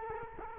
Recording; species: mosquito wingbeat signal from an infrared sensor; Culex quinquefasciatus